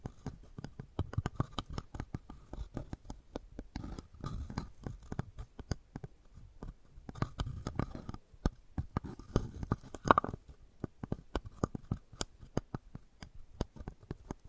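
Wooden balls click and knock in quick, irregular bursts, with sharp taps scattered densely across the whole stretch. Softer rolling and rubbing sounds fill the gaps, and near the ten-second mark one tap rings out with a brief bright tone.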